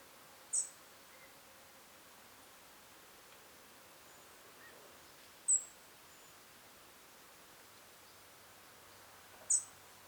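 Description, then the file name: European robin uttering three brief, sharp, high-pitched call notes roughly four to five seconds apart, with only quiet background hiss between them. "Erithacus rubecula"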